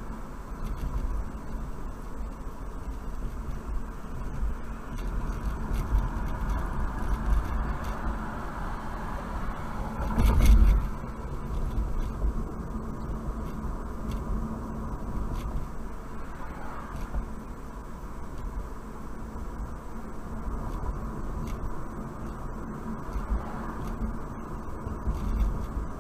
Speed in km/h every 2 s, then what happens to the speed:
50, 50, 47, 44, 39, 39, 47, 52, 53, 50, 50, 52, 52.
3-8 slows to 39. 10-14 speeds up to 52. 14-26 steady at about 52.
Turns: none.